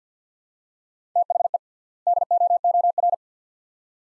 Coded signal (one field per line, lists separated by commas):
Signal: Morse code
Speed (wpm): 50 wpm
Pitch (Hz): 700 Hz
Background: none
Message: THE DOOR